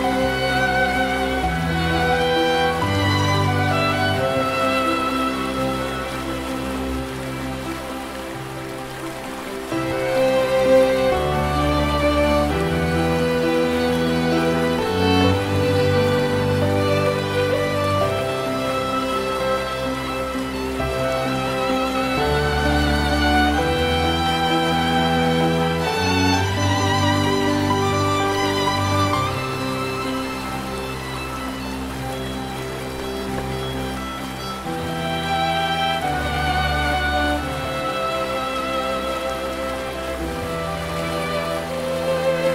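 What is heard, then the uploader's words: Piano and violin play a slow, flowing melody, with sustained bowed lines over rolling piano chords that change every few seconds. A steady hiss like running water or light rain sits beneath the music throughout, even, with the overall level staying fairly constant. Water Flow, Piano and Violin Sound.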